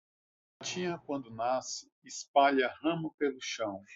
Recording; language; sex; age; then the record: short text; Brazilian Portuguese; male; 40 to 49 years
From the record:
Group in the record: control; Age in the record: 40 years